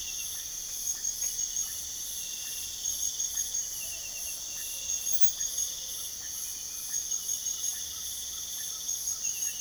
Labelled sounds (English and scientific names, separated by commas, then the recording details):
none
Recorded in pastures near Puerto Asís, Putumayo, Colombia, on 4 March 2025 at 04:30
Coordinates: 0.497, -76.327
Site G072